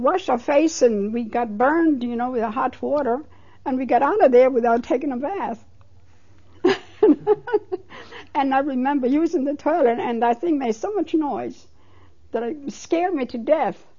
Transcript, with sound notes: We washed our face and we got burned, you know, with the hot water. And we got out of there without taking a bath. (She laughs.) And I remember using the toilet and that thing made so much noise it scared me to death.